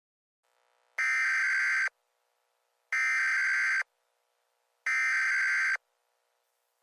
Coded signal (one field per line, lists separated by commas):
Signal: Emergency Alert System (SAME) tones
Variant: header bursts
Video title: EAS Short Scenario 66 : Stamford CT Wedge